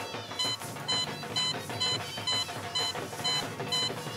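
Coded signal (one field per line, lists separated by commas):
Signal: none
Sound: music beeps in drama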